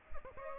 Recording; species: mosquito wingbeat signal from an infrared sensor; Aedes aegypti